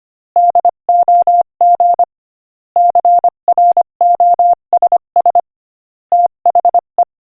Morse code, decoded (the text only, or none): DOG CROSS THE